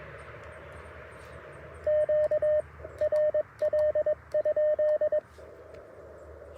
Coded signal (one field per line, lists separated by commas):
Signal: Morse code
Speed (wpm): 21 wpm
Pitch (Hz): 610 Hz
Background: radio noise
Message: QRL?